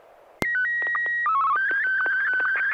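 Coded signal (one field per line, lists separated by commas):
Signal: SSTV (slow-scan television)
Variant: Martin 1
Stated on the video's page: SSTV net on an FM repeater at 441.300 MHz in Sacramento, sent with MMSSTV software.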